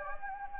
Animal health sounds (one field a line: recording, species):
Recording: mosquito wingbeat signal from an infrared sensor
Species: Anopheles gambiae